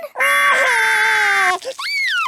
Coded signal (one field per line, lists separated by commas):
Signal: Emergency Alert System (SAME) tones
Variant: header bursts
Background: speech